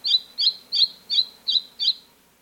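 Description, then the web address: Mountain robin calling: six slurred, high chip notes repeated steadily about every third of a second. South America. "Natures Songs S America Mountain Robin"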